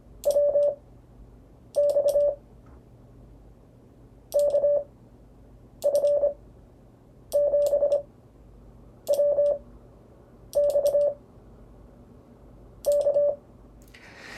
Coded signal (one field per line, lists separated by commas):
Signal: Morse code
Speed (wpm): 25 wpm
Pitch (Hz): 580 Hz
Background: none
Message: WX KF7WX K